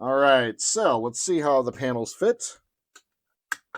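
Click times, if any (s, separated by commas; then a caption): 3.5 s. Someone talks, then plastic/die-cast hull panels of a Fanhome Millennium Falcon scale model are pressed into their slots on the ship's frame. A faint tick is followed by one sharp snap at 3.5 s and a softer tick just after. The panel seats firmly in place.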